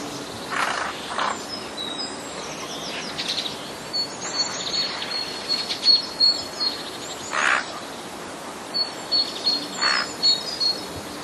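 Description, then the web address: Eurasian jay giving harsh, rasping screeches, two close together near the start and two more later, among thin high whistles and chirps of other small birds. Warning call, recorded 1 March 2014. "wroblowe ostrzegator sojki 01 03 2014"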